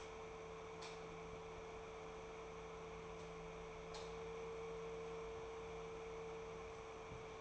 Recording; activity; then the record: daily activity, microphone in the room; light on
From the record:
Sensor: 1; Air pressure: 1014.6 hPa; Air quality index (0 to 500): 175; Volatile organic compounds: 14 ppm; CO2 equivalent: 2476 ppm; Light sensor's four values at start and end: 13/32/13/15 and 16/46/18/20